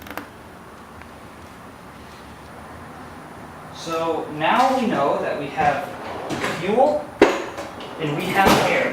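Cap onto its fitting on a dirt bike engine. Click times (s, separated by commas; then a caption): 0.1 s, 0.2 s. A cap, possibly a spark plug boot or a tank or filler cap, is pushed back onto its fitting on a YZ250F dirt bike engine after a part is snugged down, giving two quiet, sharp clicks at 0.1 and 0.2 s as it seats. After a quiet stretch, someone talks from about 4 s on, and a single sharp knock is heard at 7.2 s.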